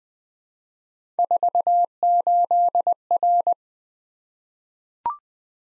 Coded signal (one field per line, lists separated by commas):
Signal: Morse code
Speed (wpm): 20 wpm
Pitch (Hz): 700 Hz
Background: none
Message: 48R